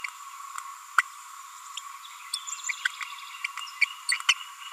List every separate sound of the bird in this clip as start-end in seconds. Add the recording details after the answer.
0.98-1.01, 2.33-2.35, 2.69-2.72, 2.85-2.87, 3.00-3.02, 3.81-3.85, 4.09-4.12, 4.29-4.33. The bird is a female. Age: 30 days. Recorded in a nest box in Venezuela. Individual 17B42A4